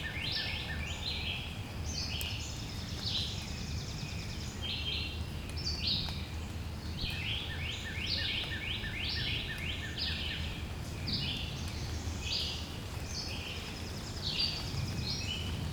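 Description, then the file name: Several birds sing dense, high, repeated upslurred phrases, overlapping and continuous, with a constant low rumble beneath. "Relaxing Sounds Lab - Birds Singing"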